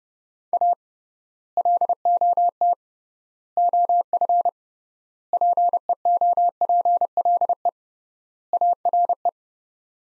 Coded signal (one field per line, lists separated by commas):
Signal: Morse code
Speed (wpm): 32 wpm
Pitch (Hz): 700 Hz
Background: none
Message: A LOT OF PEOPLE ARE